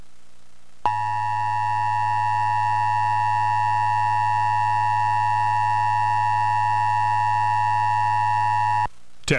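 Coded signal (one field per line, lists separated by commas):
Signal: Emergency Alert System (SAME) tones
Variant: 853 and 960 Hz attention tone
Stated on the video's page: Pennsylvania statewide Required Monthly Test relayed by AM, FM, translator, cable and TV stations.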